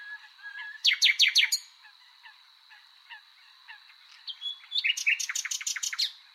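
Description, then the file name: Common nightingale song: loud rapid repeated notes in two bursts separated by softer scattered chirps, over a faint steady high hiss. "Luscinia megarhynchos"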